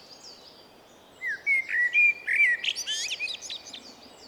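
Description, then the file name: Common blackbird singing one phrase of mellow, warbled whistles that slide into a rapid, high, scratchy twitter. "Turdus merula"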